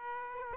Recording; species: mosquito wingbeat signal from an infrared sensor; Aedes aegypti